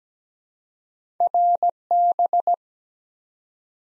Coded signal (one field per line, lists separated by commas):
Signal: Morse code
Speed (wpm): 17 wpm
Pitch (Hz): 700 Hz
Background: none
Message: RB